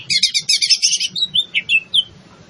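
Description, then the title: Greater green leafbird song, a dense rapid stream of high chattering and buzzy notes that breaks into separate whistled slurs near the end. In full song, described by the Indonesian term gacor. "Cucak Ijo Gacor"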